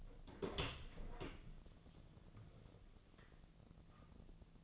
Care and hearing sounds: daily activity, microphone in the room; open door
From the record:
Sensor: 4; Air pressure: 1001.3 hPa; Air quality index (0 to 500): 184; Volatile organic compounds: 2 ppm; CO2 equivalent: 1311 ppm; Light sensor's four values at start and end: 16/37/15/15 and 14/32/13/13

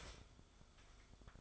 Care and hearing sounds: daily activity, microphone in the room; start toaster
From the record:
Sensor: 5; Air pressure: 1014.8 hPa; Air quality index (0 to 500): 206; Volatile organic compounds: 9 ppm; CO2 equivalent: 2191 ppm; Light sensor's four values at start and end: 13/32/12/11 and 14/32/12/11

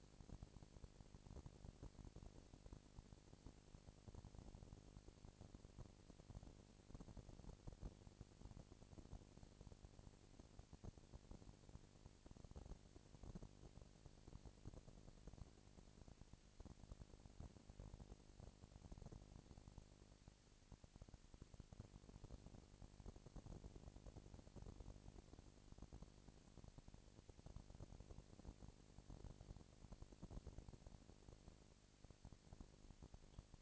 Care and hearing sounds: daily activity, microphone in the room; no activity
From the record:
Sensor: 5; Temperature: 19.8 degrees Celsius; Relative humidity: 36.6%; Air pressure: 997.2 hPa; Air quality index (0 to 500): 169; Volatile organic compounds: 14 ppm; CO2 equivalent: 2440 ppm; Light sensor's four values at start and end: 2/3/1/1 and 2/3/1/1

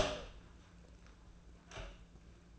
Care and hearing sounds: daily activity, microphone in the room; open door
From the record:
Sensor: 2

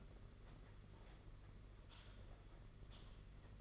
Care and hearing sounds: daily activity, microphone in the room; typing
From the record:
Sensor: 4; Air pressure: 992.6 hPa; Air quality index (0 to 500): 137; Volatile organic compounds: 62 ppm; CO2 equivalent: 3435 ppm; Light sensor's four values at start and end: 19/66/24/25 and 19/66/24/25

